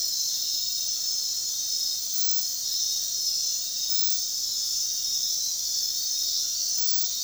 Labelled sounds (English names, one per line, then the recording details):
none
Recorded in dense forest near Puerto Asís, Putumayo, Colombia, on 18 February 2024 at 00:30
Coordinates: 0.466, -76.327
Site G6413